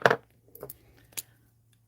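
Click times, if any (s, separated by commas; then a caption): 0.1 s. A pen cap is shut onto a gel pen barrel and snaps on with a loud, sharp click at 0.1 s. A few fainter clicks and taps follow at about 0.6, 0.7 and 1.2 s before the sound fades to quiet.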